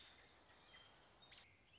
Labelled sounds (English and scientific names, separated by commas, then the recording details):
American Robin (Turdus migratorius)
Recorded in Sonoma County, California